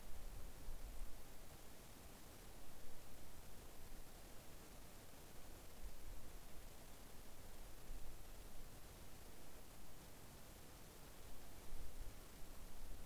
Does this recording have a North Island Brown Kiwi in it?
no